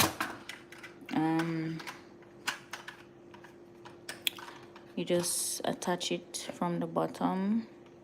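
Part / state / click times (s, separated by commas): attachment piece onto the base of a handheld onion slicer / not seated / none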